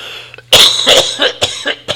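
An adult man gives a rapid run of about six short, harsh coughs within two seconds, with a dry, throat-clearing quality: a brief coughing fit from something caught in his throat. A faint low hum sits in the background.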